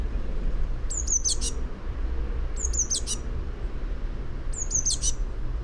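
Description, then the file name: Eurasian blue tit giving three high, thin phrases with a fast closing trill, about every two seconds, against a constant low hum. "Cyanistes caeruleus"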